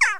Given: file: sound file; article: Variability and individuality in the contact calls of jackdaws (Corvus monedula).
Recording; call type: jackdaw call; harmonic